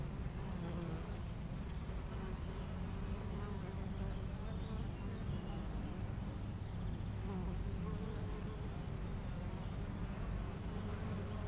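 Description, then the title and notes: Honey bees give a steady, low droning hum that holds evenly throughout, with a faint background wash and no distinct other voices. Foraging honey bees flying constantly to and from flowers between two hives at the Jardin Vagabond apiary, Aix-les-Bains, France. "41 Chem. de Memard, 73100 Aix-les-Bains, France - Les abeilles. Entre deux ruches du rucher du jardin vagabond à Aix-les-bains les abeilles sont en pleine collecte et font d'incessants aller retour vers les fleurs, quelques oiseaux dans le bois voisin"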